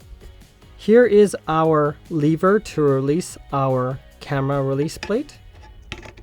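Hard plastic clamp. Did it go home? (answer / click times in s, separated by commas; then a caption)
no / none. Someone talks while handling the lever that releases the camera quick-release plate on a Joilcan NH70 budget travel tripod head, with a few short, sharp handling taps near the end. The plate has not yet been pushed down into the tripod head clamp, so nothing has seated or clicked yet.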